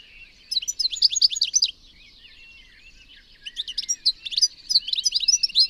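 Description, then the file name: European goldfinch giving fast tinkling, twittering notes in two bursts separated by a quiet gap of about two seconds. "Carduelis carduelis"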